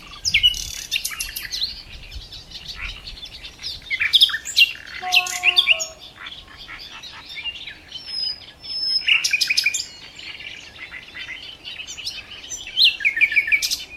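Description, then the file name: Common nightingale song, bursts of varied chirps, whistles and rapid clicking trills with a low steady whistle around five seconds, separated by short pauses. "Luscinia megarhynchos"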